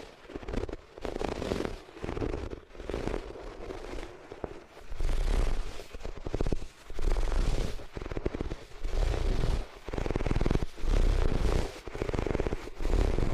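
Rubbing across the ears on different materials makes dense, scratchy bursts of crackling and rustling, each lasting one to two seconds with short gaps between. The sound swells and fades in a roughly regular rhythm, with a heavy low rumble underneath and bright crackle on top.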